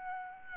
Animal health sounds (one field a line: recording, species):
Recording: mosquito wingbeat signal from an infrared sensor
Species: Aedes albopictus